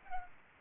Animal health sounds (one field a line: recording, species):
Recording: mosquito wingbeat signal from an infrared sensor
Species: Culex pipiens